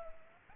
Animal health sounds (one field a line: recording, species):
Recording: mosquito wingbeat signal from an infrared sensor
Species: Culex pipiens